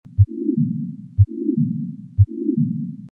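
Regular heartbeat at about 60 a minute, three cycles, heard by stethoscope. Each starts with a brief low thud, then a long rumbling murmur fills most of the cycle. This continuous murmur is typical of patent ductus arteriosus, from open-duct flow between aorta and pulmonary artery.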